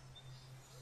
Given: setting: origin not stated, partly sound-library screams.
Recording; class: one-second piece from a danger detection set; normal situation